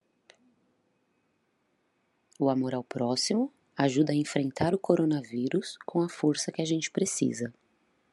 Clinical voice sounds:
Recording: spoken sentence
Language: Brazilian Portuguese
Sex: female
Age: 30 to 39 years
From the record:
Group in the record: control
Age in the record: 35 years

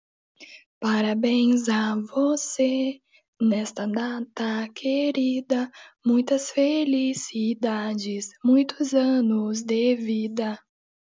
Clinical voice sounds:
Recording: short text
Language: Brazilian Portuguese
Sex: female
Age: 20 to 29 years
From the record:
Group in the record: control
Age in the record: 21 years

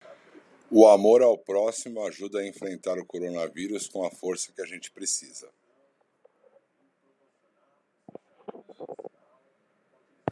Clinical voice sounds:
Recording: spoken sentence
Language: Brazilian Portuguese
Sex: male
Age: 30 to 39 years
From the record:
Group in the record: control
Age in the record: 38 years

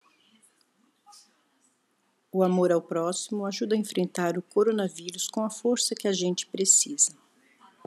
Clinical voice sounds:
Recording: spoken sentence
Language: Brazilian Portuguese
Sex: female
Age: 50 to 59 years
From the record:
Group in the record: control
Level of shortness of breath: 0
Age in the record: 55 years

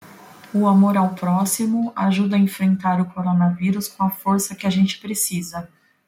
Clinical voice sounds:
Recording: spoken sentence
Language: Brazilian Portuguese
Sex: female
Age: 40 to 49 years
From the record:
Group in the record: control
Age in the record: 46 years

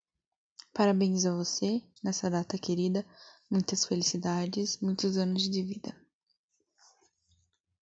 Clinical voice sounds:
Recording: short text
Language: Brazilian Portuguese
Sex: female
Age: 18 to 19 years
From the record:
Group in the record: control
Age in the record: 18 years

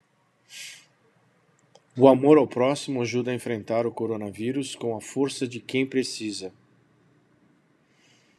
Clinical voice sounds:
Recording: spoken sentence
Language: Brazilian Portuguese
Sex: male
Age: 60 to 69 years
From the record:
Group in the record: control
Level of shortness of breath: 0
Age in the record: 61 years

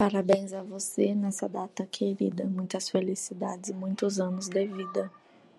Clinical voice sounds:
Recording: short text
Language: Brazilian Portuguese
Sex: female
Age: 20 to 29 years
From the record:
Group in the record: control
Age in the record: 27 years

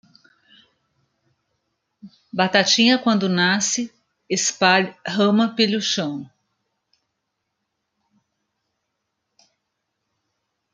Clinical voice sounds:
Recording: short text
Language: Brazilian Portuguese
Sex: female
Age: 50 to 59 years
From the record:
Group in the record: control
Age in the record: 57 years

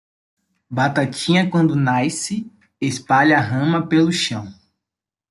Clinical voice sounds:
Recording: short text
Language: Brazilian Portuguese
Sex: male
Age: 20 to 29 years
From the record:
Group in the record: control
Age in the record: 22 years

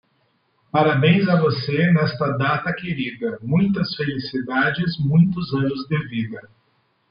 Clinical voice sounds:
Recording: short text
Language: Brazilian Portuguese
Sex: male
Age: 30 to 39 years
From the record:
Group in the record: control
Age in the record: 35 years

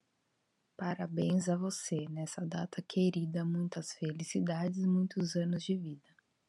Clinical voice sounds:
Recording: short text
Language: Brazilian Portuguese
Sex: female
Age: 30 to 39 years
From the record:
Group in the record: control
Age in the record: 39 years

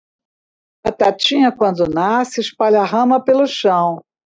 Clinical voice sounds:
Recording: short text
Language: Brazilian Portuguese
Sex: female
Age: 70 to 79 years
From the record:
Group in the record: control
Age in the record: 70 years

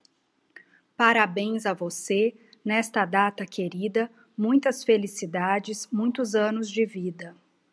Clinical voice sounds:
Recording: short text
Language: Brazilian Portuguese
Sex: female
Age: 40 to 49 years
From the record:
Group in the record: control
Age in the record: 49 years

